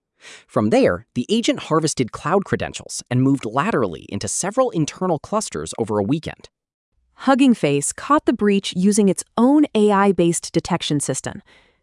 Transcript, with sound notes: From there, the agent harvested cloud credentials and moved laterally into several internal clusters over a weekend.
[with emphasis] Hugging Face caught the breach using its own AI-based detection system.